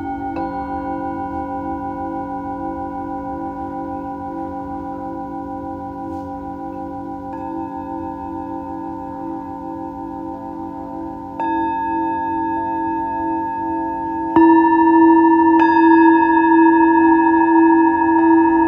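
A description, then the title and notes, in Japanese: A Tibetan singing bowl rings with a steady, sustained hum and several clear overtones layered above it. New strikes come in around 7, 11, 14 and 16 seconds, each adding a brighter ring and making the tone grow louder toward the end. チベタンシンギングボウル。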